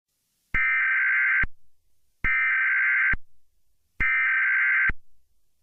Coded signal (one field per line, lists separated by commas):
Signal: Emergency Alert System (SAME) tones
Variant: header bursts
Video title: Eyes of the Eclipse - An EAS Mock